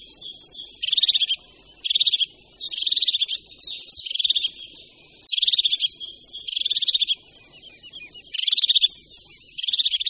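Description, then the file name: Crested tit calls: short, high, buzzy purring trills repeated about once a second, with brief gaps of quiet between phrases. "Sýkora-parukářka"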